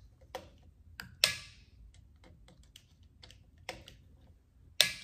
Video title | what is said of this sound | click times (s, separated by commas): Agm Adder/ADM mount mounting procedure. | now I'm going to want to go ahead and torque these 25 inch pounds until it clicks | 1.2 s, 4.8 s